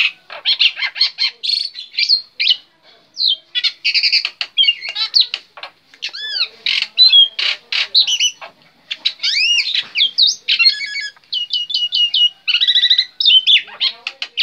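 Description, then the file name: Black-winged myna song: long, busy stream of scratchy chatter, buzzy rattles and arching whistles, delivered almost without pause. Singing described as gacor. "suara jalak putih gacor"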